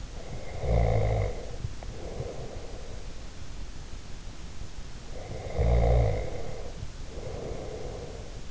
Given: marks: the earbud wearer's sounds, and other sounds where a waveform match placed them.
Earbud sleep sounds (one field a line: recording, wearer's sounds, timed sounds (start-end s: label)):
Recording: sounds in sleep by an in-ear microphone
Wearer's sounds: snoring breath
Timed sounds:
0.26-3.12 s: snoring breath
5.20-8.51 s: snoring breath